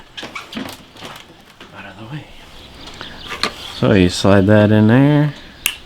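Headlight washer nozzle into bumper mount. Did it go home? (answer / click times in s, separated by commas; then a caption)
yes / 5.7 s. An Audi Q5 headlight washer sprayer nozzle is slid into its plastic mount in the front bumper, which has been taken off, while someone talks. Handling noises lead up to a sharp click at 5.7 s as the nozzle snaps home and is seated.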